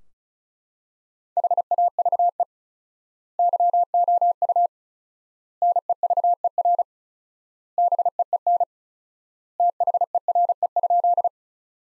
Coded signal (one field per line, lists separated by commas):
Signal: Morse code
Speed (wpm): 36 wpm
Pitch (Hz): 700 Hz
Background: none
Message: HAVE YOU NEVER BEEN THERE?